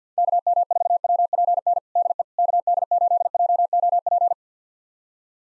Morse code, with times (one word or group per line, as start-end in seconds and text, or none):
0.2-1.8 KM4WPN
2.0-2.2 DE
2.4-4.3 KD8JOP